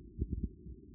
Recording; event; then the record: neck accelerometer signal played as sound; voluntary cough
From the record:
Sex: male